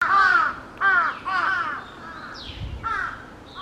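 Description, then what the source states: Large-billed crow uttering loud, rasping caws in short bursts separated by brief pauses, the calls growing softer toward the end. Recorded on 22 July 2021.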